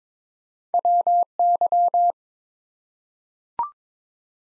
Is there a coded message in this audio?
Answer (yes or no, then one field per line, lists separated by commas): yes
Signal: Morse code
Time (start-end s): 0.7-2.1 s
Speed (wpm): 22 wpm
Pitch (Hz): 700 Hz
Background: none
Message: WY